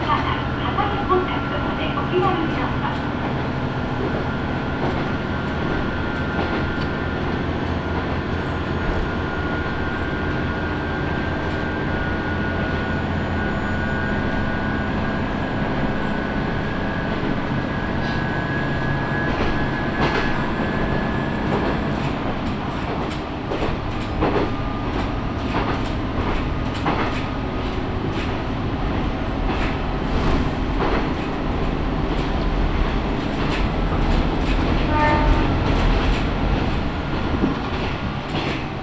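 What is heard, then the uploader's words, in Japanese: Aboard a Matsuura Railway train from Nishi-Tabira to Matsuura, a steady low rumble runs throughout, with sustained tones and frequent clicks and rattles later. 松浦鉄道 西田平→松浦。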